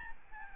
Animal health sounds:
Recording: mosquito wingbeat signal from an infrared sensor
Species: Aedes albopictus

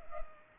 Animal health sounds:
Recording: mosquito wingbeat signal from an infrared sensor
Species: Culex pipiens

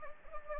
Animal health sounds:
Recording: mosquito wingbeat signal from an infrared sensor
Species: Anopheles gambiae

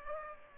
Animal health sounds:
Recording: mosquito wingbeat signal from an infrared sensor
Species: Culex pipiens

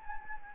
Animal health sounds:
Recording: mosquito wingbeat signal from an infrared sensor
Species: Anopheles gambiae

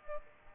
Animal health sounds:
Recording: mosquito wingbeat signal from an infrared sensor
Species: Aedes aegypti

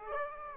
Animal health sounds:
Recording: mosquito wingbeat signal from an infrared sensor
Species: Aedes aegypti

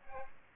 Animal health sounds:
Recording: mosquito wingbeat signal from an infrared sensor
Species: Aedes aegypti

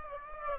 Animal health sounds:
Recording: mosquito wingbeat signal from an infrared sensor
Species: Aedes aegypti

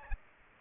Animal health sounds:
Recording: mosquito wingbeat signal from an infrared sensor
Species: Aedes aegypti

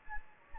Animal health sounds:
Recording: mosquito wingbeat signal from an infrared sensor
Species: Anopheles gambiae

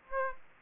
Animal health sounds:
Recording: mosquito wingbeat signal from an infrared sensor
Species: Aedes aegypti

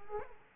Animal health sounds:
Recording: mosquito wingbeat signal from an infrared sensor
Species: Culex quinquefasciatus

